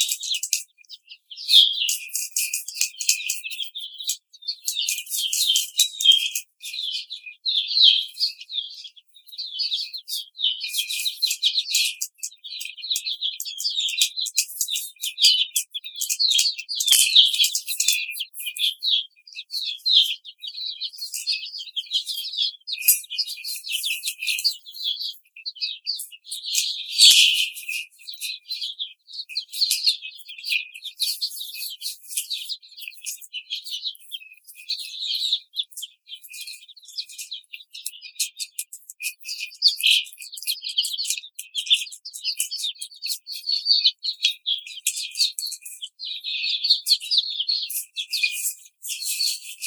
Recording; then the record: young laying hens in a cage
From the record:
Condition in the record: treatment cage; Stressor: simulated dog barking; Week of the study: 5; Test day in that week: 1